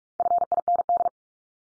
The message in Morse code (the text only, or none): FIND